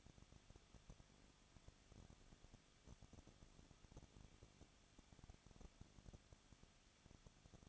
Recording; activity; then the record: daily activity, microphone in the room; no activity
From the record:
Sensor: 4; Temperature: 23.0 degrees Celsius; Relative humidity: 34.2%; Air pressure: 1007.3 hPa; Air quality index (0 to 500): 214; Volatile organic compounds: 14 ppm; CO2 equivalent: 2469 ppm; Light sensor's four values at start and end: 2/3/1/1 and 2/3/1/1